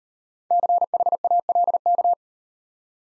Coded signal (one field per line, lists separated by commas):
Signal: Morse code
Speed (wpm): 35 wpm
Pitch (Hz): 700 Hz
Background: none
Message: CHALK